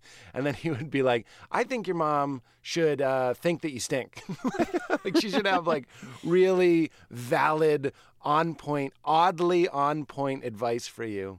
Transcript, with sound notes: And then he would be like, I think your mom should think that you stink.
(LAUGHTER)
Like, she should have, like, really valid, on-point, oddly on-point advice for you.